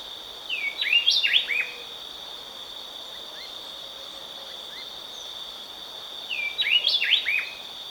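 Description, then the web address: Speckle-breasted wren song: two short bursts of quick, sharply sweeping whistled notes about six seconds apart, over a steady high insect drone. Recorded in Ecuador. "S America Birds of Ecuador. Speckle-breasted Wren"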